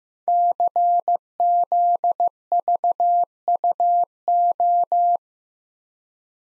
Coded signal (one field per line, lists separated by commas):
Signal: Morse code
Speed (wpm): 15 wpm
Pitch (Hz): 700 Hz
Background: none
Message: CZVUO